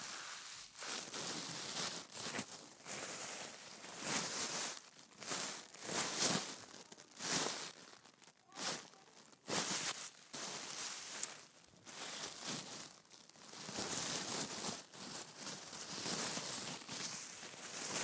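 Tissue paper and gift wrap are crinkled and handled in bursts of bright, papery crackling that come every second or so. The rustling runs almost without pause across the whole stretch, swelling and easing, with a few sharper rips standing out.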